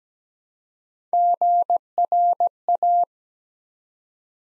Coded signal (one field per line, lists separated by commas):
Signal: Morse code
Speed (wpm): 17 wpm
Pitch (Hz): 700 Hz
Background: none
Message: GRA